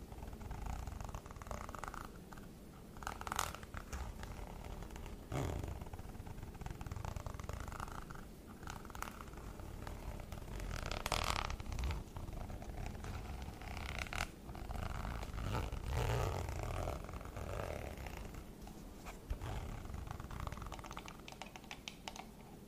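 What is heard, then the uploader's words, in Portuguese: ASMR triggers: a steady, dense bed of rustling and scratching with quick taps and clicks, somewhat like typing, scattered throughout. Sharper bursts stand out near 3, 5, 11 and 14 seconds, over a constant low rumble. ASMR com gatilhos super relaxantes com a cor preta.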